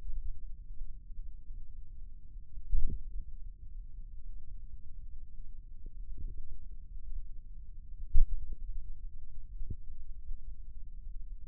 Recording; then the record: forearm muscle sounds (acoustic myography)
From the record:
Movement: rest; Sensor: system 1, eight BSWA MPA416 microphones around the upper forearm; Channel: 6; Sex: male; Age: 21 years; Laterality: right